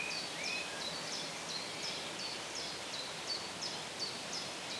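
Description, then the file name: Bird chirps: quick repeated high chirps, about three a second, with a rising whistle near the start, over a constant hiss. Birds chirping in the shade. "ASMR Bird Sounds - Birds Chirping in the Shade"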